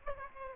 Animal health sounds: mosquito wingbeat signal from an infrared sensor; Aedes albopictus

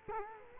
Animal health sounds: mosquito wingbeat signal from an infrared sensor; Culex quinquefasciatus

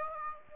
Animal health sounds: mosquito wingbeat signal from an infrared sensor; Aedes aegypti

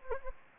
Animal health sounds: mosquito wingbeat signal from an infrared sensor; Anopheles gambiae

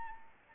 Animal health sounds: mosquito wingbeat signal from an infrared sensor; Anopheles arabiensis

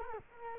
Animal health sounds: mosquito wingbeat signal from an infrared sensor; Culex quinquefasciatus

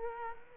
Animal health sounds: mosquito wingbeat signal from an infrared sensor; Culex quinquefasciatus

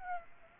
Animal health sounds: mosquito wingbeat signal from an infrared sensor; Aedes aegypti

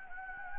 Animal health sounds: mosquito wingbeat signal from an infrared sensor; Anopheles gambiae

